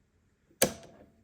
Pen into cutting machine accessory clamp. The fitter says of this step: you can hear it snap into place and you're not pushing like super hard you're just pushing it down in there you'll hear it snap in so